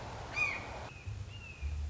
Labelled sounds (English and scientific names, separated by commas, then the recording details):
Red-shouldered Hawk (Buteo lineatus)
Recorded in Sonoma County, California